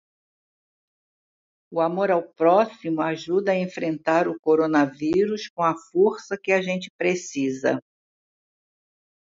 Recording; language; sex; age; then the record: spoken sentence; Brazilian Portuguese; female; 80 to 89 years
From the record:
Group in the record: control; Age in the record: 84 years